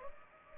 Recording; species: mosquito wingbeat signal from an infrared sensor; Anopheles arabiensis